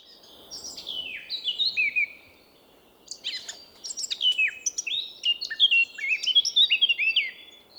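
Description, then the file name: Eurasian blackcap song: one short warbled phrase, a brief gap, then a longer run of quick, varied whistles and chattering notes. "Sylvia atricapilla"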